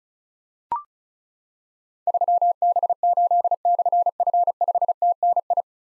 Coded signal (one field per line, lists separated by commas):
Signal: Morse code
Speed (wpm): 36 wpm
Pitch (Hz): 700 Hz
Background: none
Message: 3B8/F5TNI